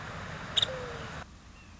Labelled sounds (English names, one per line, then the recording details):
Nuttall's Woodpecker
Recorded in Sonoma County, California